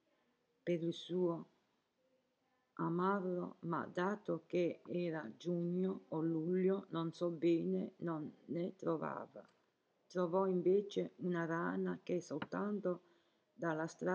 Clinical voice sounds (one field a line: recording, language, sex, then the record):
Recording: read passage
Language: Italian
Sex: female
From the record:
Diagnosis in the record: healthy control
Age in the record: 70 years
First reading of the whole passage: 149 s, 3.0 characters per second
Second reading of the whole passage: 105 s, 4.4 characters per second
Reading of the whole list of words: 65 s, 4.0 characters per second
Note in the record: marked for poor recording quality or reading difficulty